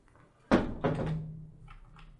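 Two loud, heavy knocks bang on the door of the main house from outside in quick succession, followed by a low, fading resonance and some faint rustling afterward.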